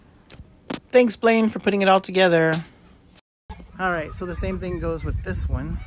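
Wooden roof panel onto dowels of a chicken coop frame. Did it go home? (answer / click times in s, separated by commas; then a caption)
yes / 0.3 s. A prefab wooden chicken coop roof panel is set onto locating dowels on the coop frame and snugged down, seating with a sharp click at 0.3 s and a second hit at 0.7 s. Someone talks through the rest of the clip.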